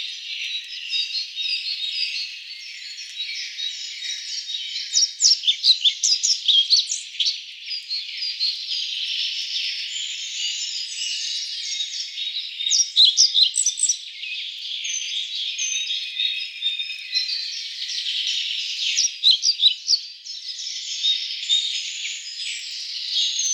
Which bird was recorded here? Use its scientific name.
Ficedula hypoleuca